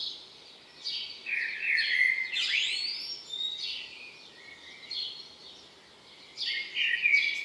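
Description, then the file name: Common blackbird song: high twittering phrases with a rising squeak, the phrases coming in loose succession. "Turdus merula"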